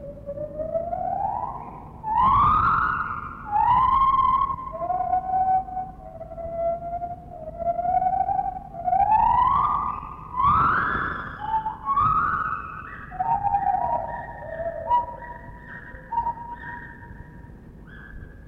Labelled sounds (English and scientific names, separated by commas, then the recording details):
Lar Gibbon (Hylobates lar)
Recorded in captivity
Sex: pair
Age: adult
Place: Zoo Berlin, Berlin, DE
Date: 1960-10-16 12:15
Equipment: Minifon, Kopie Smaragd
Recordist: Tembrock, Günter